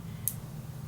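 A metal jump ring holding a large button for an earring is closed by twisting its ends back together, and the ends meet with a single short, bright high-pitched click at 0.3 s over a steady low hum. The ring ends have clicked together and the ring is seated.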